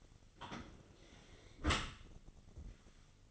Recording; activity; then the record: daily activity, microphone in the room; close dishwasher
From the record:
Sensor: 4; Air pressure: 1003.9 hPa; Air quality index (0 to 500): 153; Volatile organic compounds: 2 ppm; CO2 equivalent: 1086 ppm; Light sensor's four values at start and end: 28/67/28/30 and 28/68/28/31